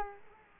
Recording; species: mosquito wingbeat signal from an infrared sensor; Culex quinquefasciatus